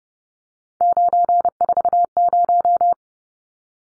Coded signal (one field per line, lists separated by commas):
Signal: Morse code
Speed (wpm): 30 wpm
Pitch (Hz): 700 Hz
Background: none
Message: 940